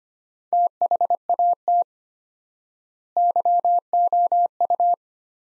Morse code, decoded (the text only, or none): THAT YOU